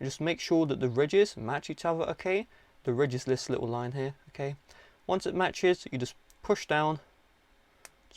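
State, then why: Seated. A nano SIM card is lined up with the ridges of the plastic/metal SIM tray for a Nothing Phone 1 and pushed down while someone talks. A sharp click at 7.8 s marks the card snapping in flush, seated in the tray, followed by a fainter tick at 8.1 s.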